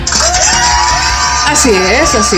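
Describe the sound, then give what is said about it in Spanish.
A loud crowd cheers and shouts continuously, with several high whoops sliding up and down in pitch rising above the steady roar toward the end. “¿Por qué no gritaron antes cuando dije cultura underground?”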